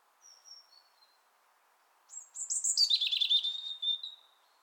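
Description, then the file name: European robin song: two soft high whistles, a pause, then a bright cascading warble that drops in pitch and ends in a sustained note. "Erithacus rubecula"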